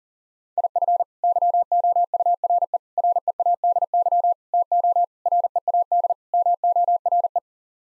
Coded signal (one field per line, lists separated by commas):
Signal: Morse code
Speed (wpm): 40 wpm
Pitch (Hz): 700 Hz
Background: none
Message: IF YOURE READY TO READ MORE